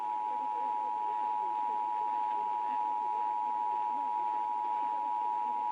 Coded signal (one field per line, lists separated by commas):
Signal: Emergency Alert System (SAME) tones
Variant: 853 and 960 Hz attention tone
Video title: Iowa Required Monthly Tests (EAS #50-51)